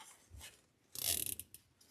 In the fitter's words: Hear all that clicking?